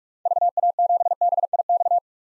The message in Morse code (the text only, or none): VA7BIX